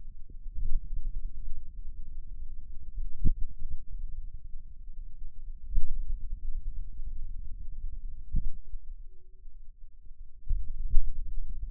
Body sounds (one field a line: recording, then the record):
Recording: forearm muscle sounds (acoustic myography)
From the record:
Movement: finger pinch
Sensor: system 2, bracelet of six BSWA MPA416 microphones around the upper forearm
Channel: 1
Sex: male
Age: 22 years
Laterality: right